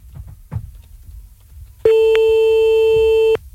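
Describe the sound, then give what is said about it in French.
A single steady telephone ringing tone, placed while calling a man back, sounds for about a second and a half, a loud, even electronic pitch, preceded by faint low rumbling background noise. “Bon, on va le rappeler, hein ?”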